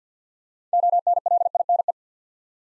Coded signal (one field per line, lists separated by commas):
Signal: Morse code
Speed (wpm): 50 wpm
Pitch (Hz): 700 Hz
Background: none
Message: ONLINE